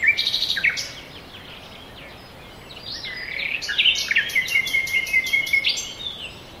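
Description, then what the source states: Birds chirp briefly, pause, then dry buzzy trills and whistles overlap through the second half over a faint steady hiss. Forest birds.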